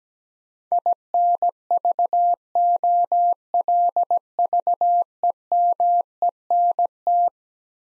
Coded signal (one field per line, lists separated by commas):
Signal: Morse code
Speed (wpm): 17 wpm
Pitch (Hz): 700 Hz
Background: none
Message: INVOLVEMENT